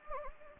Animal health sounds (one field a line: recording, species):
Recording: mosquito wingbeat signal from an infrared sensor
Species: Anopheles gambiae